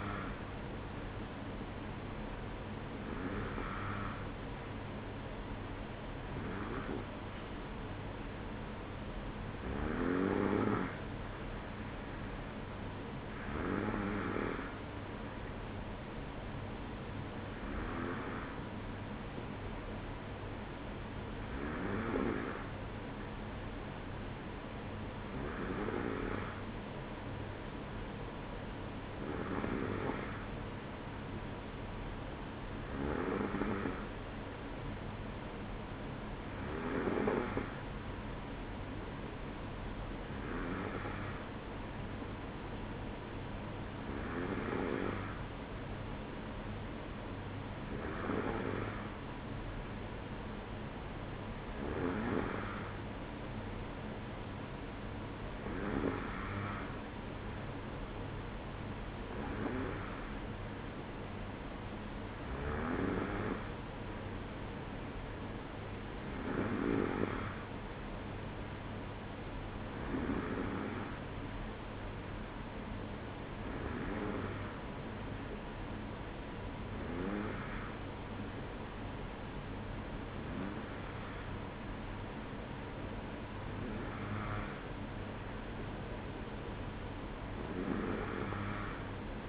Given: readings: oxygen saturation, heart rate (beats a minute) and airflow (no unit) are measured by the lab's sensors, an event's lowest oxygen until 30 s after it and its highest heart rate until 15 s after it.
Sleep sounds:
breathing in sleep by a voice recorder at the bedside; none
none scored
From the record:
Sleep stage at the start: N2 (light sleep); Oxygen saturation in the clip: 93 to 94%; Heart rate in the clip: 52 to 58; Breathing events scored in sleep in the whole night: 305 in 9.6 hours asleep

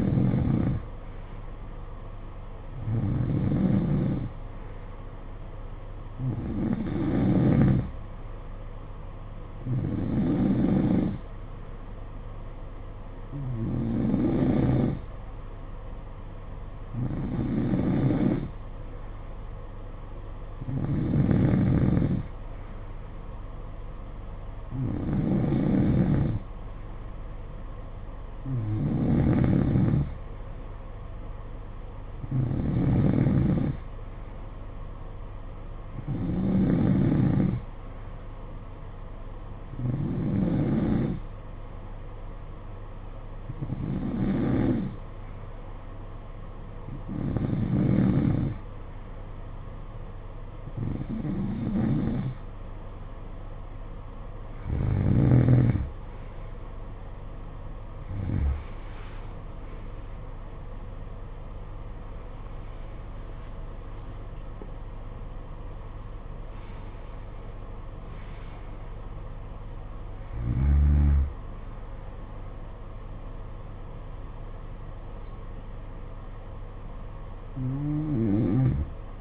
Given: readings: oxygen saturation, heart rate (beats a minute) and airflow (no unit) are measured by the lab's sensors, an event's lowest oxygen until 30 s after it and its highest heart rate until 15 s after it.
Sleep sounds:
breathing in sleep by a smartphone at the bedside; 1
44.00-61.20 s: hypopnea (N3, oxygen 92% highest, then 92% lowest, heart rate 59 at the start, 74 highest)
48.00-79.21 s: new sleep stage, N2 (light sleep)
From the record:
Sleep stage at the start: N3 (deep sleep); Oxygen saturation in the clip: 90 to 92%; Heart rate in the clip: 56 to 74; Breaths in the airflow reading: 21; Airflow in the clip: -12.8 to 13.7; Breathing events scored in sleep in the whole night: 476 in 9.7 hours asleep

